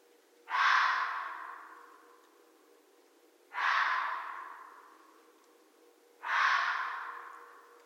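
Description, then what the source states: Red fox calling: three harsh, hoarse screams about three seconds apart, each starting abruptly and fading away. Recorded on 13 January 2012.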